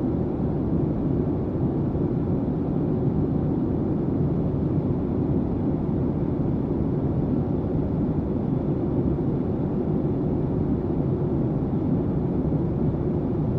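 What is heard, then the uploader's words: A constant, heavy roar fills the inside of a private jet in flight, deep and rumbling, with most of the sound low and a softer hiss above. The level holds completely steady for the whole stretch, with no distinct events or changes. Private Jet Airplane Sounds White Noise.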